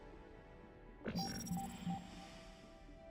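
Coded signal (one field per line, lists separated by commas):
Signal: none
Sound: game sound effect beeps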